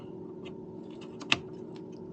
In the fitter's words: lock it in till it clicks